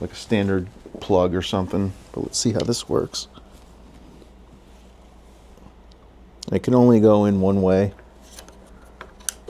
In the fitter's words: Oh, that's nice. I mean, it's nice how it connects on there because it just clicks into place.